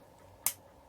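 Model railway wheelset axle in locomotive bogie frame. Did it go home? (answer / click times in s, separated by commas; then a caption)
released / 0.5 s. An original plastic wheelset is levered with gentle persuasion out of the press-fit axle slots in the bogie frame of a Bachmann model locomotive. A single sharp, bright click sounds at 0.5 s against a quiet background as the axle pops free and the wheelset is released.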